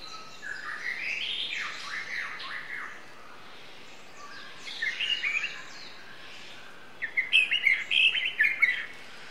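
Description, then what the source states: White-rumped shama song, a long sweeping whistled phrase followed by fainter warbles and a final burst of sharp high notes over a steady background hiss. Song of a wild forest bird.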